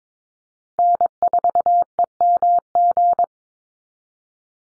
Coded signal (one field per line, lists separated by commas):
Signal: Morse code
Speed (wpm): 22 wpm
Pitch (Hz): 700 Hz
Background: none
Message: N4EMG